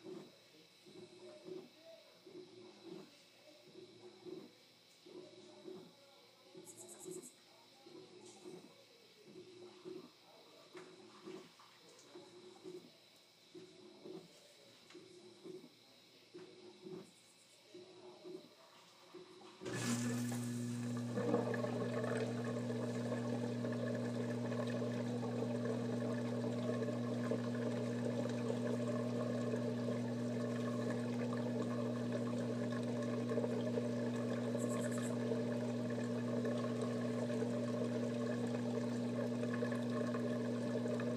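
A washing machine sloshes in quick regular pulses for twenty seconds, then a loud steady low motor hum kicks in and continues.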